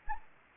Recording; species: mosquito wingbeat signal from an infrared sensor; Anopheles gambiae